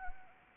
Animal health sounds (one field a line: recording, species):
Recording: mosquito wingbeat signal from an infrared sensor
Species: Anopheles arabiensis